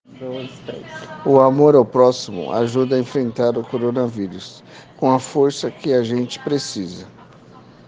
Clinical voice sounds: spoken sentence; Brazilian Portuguese; male; 40 to 49 years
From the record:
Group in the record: respiratory insufficiency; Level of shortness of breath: 5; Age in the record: 46 years

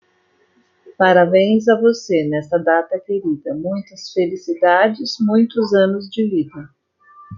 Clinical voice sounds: short text; Brazilian Portuguese; female; 50 to 59 years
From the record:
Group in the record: control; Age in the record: 55 years

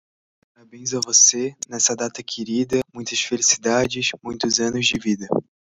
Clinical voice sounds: short text; Brazilian Portuguese; male; 18 to 19 years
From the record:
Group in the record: control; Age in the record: 19 years

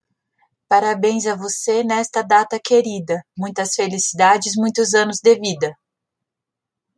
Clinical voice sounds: short text; Brazilian Portuguese; female; 30 to 39 years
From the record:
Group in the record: control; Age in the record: 36 years

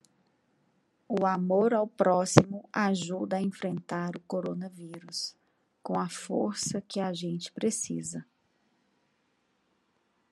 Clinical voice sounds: spoken sentence; Brazilian Portuguese; female; 40 to 49 years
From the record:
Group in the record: control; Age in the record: 43 years

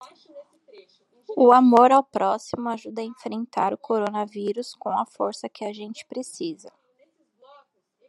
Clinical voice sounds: spoken sentence; Brazilian Portuguese; female; 30 to 39 years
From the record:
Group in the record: control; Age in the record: 34 years

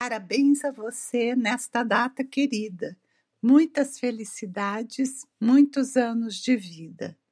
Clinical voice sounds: short text; Brazilian Portuguese; female; 60 to 69 years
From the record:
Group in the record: control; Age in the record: 61 years

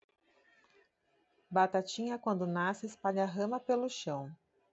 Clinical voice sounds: short text; Brazilian Portuguese; female; 40 to 49 years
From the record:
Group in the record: control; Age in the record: 41 years

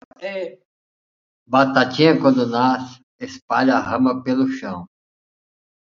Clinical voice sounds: short text; Brazilian Portuguese; male; 50 to 59 years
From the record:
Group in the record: control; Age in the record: 54 years

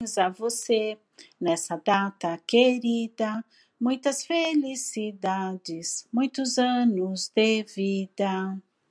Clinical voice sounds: short text; Brazilian Portuguese; female; 50 to 59 years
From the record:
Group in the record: control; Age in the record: 56 years

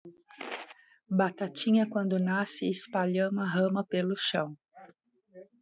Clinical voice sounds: short text; Brazilian Portuguese; female; 40 to 49 years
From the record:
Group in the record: control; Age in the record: 47 years

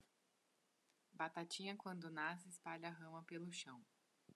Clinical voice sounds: short text; Brazilian Portuguese; female; 20 to 29 years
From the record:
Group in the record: control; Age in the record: 24 years

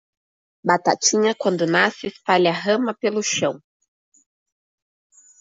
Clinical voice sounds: short text; Brazilian Portuguese; female; 20 to 29 years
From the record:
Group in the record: control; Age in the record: 29 years

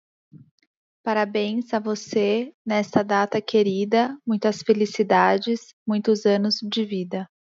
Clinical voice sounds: short text; Brazilian Portuguese; female; 20 to 29 years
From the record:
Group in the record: control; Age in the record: 28 years

